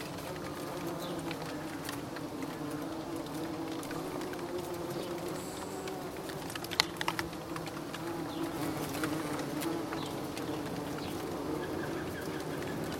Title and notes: Date of the recording: 16-7-2018 Ecuries des Trois Pignons - Seine et Marne - France Bees in a vine Abeilles dans une vigne